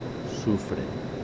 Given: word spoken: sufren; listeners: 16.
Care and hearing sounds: one Spanish word in noise, from a listening test; speech-shaped noise; 2.8 dB; 0 of 16; 16 of 16; 0.84 s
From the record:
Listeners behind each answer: 16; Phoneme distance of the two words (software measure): 7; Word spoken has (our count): 2 syllables, 6 phonemes, stress on syllable 1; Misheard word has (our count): 2 syllables, 5 phonemes, stress on syllable 1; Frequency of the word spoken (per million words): 19.19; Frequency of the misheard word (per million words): 27.18

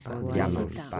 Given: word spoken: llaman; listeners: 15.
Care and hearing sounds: one Spanish word in noise, from a listening test; four-talker babble; -0.6 dB; 0 of 15; 6 of 15; 0.60 s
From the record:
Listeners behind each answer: 6, 4, 1, 1, 1, 1, 1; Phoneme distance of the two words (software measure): 10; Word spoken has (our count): 2 syllables, 5 phonemes, stress on syllable 1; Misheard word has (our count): 2 syllables, 5 phonemes, stress on syllable 1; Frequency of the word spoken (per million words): 34.43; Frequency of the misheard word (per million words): 19.10

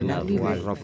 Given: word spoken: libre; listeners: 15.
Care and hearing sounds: one Spanish word in noise, from a listening test; four-talker babble; 0.0 dB; 1 of 15; 6 of 15; 0.44 s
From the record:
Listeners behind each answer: 6, 2, 1, 1, 1, 1, 1, 1, 1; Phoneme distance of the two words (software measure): 17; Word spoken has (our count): 2 syllables, 5 phonemes, stress on syllable 1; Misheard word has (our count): 2 syllables, 6 phonemes, stress on syllable 1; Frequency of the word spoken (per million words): 148.40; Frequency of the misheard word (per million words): 112.38

